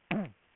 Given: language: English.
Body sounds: throat vibration sensor signal played as sound; throat clearing

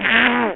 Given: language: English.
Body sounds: throat vibration sensor signal played as sound; throat clearing

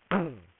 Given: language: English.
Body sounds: throat vibration sensor signal played as sound; throat clearing

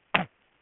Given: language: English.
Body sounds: throat vibration sensor signal played as sound; throat clearing

